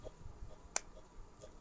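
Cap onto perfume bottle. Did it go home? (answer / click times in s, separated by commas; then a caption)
yes / 0.8 s. A cap is put back on a Xerjoff Erba Pura perfume bottle and clicks into place with a single sharp, short click at 0.8 s. It seats with a satisfying click against a quiet, low background.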